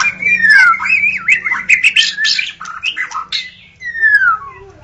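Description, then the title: White-rumped shama song with long descending whistles, buzzy chatter and squawky notes, ending in a slurred falling whistle. Wild bird recorded in forest; natural song. "Kicau Asli Murai Batu Hutan"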